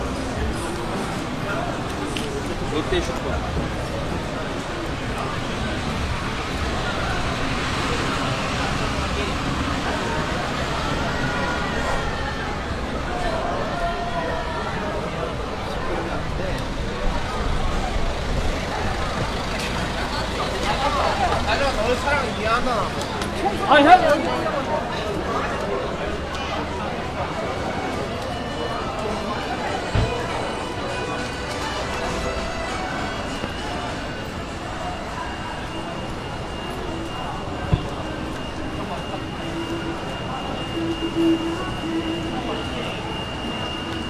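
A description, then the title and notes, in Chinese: Walking through city streets at night in the rain, with a steady wash of rainfall and traffic noise throughout. Voices drift in and out, with busier talking around the middle, a few sharp clicks near 24 and 38 seconds, and a thin high tone late on. 晚上在城市街头的雨中行走。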